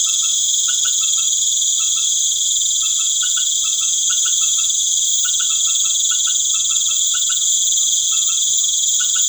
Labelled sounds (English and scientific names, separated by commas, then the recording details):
none
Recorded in pastures near Puerto Asís, Putumayo, Colombia, on 12 March 2025 at 19:00
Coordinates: 0.505, -76.324
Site GP08